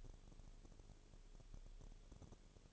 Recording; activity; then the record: daily activity, microphone in the room; no activity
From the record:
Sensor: 4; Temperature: 22.0 degrees Celsius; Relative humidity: 29.6%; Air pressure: 1002.1 hPa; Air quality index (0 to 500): 60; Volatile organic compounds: 1 ppm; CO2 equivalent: 611 ppm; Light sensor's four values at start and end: 2/3/1/1 and 2/3/1/1